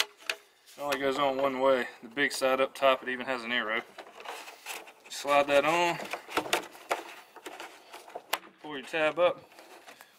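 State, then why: Seated. Someone talks while a plastic blower tube is slid onto the blower outlet of a STIHL SH 86 C-E shredder vac/blower, big side up and following the arrow, with soft handling knocks along the way. The tube is tapped up and clicks sharply at 8.3 s as it latches onto the housing, seated and ready to use as a blower.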